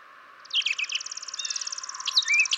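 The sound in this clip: Brown Thrasher song: a fast, high, buzzy trill with a few sharp notes mixed in and a slurred whistle at the end.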